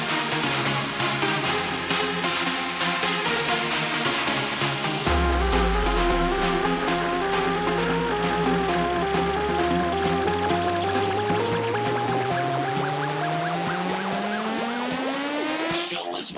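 Friday evening at a bowling alley: steady music with a regular beat, joined after five seconds by a deep tone rising slowly in pitch.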